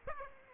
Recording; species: mosquito wingbeat signal from an infrared sensor; Aedes aegypti